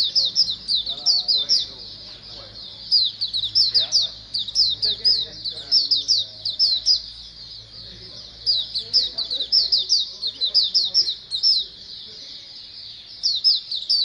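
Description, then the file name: A flock of white-eyes giving busy high chirps in repeated surges with short lulls, over a faint low hum. A colony of white-eyes calling together. "suara pleci koloni omkicau"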